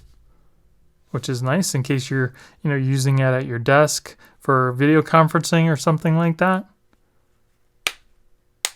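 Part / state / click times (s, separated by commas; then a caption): smartphone case snapping onto the phone/its kickstand closing / seated / 7.9 s, 8.7 s. Someone talks, then a hard plastic ESR case for a Galaxy S21 Ultra (or its kickstand) is pressed into position on the phone. Two loud, sharp snaps are heard at 7.9 s and 8.7 s, and the case snaps into place.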